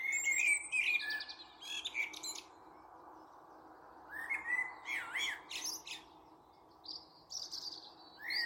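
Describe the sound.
Bird calls: bursts of varied chirps and slurred whistles, one cluster at the start, another midway and more near the end, separated by quiet pauses.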